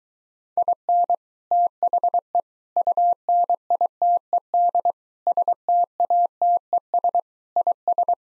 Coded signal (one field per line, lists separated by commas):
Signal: Morse code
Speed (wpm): 23 wpm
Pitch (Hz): 700 Hz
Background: none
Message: IN THE UNITED STATES IS